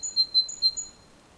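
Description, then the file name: Great tit call: five or six sharp, high notes swapping back and forth between two pitches in under a second, then silence. "Parus major"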